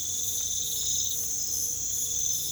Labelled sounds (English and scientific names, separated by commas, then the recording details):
none
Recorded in pastures near Puerto Asís, Putumayo, Colombia, on 22 December 2024 at 23:30
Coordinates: 0.487, -76.322
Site GP09